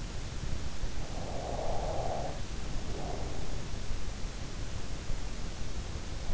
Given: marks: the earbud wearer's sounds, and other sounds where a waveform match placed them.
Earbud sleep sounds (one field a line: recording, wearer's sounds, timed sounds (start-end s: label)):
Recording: sounds in sleep by an in-ear microphone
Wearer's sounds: breath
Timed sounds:
0.11-4.40 s: breath